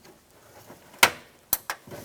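A wiring harness connector is pushed onto the power window motor in a tight space inside the door of a 2008-2010 Ford F-450 Super Duty during a power window motor and regulator replacement. After quiet handling noise, sharp plastic clicks ring out at 1.0, 1.5 and 1.7 seconds. The connector is seated and clicked in.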